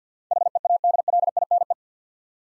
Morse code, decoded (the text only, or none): HEADLINE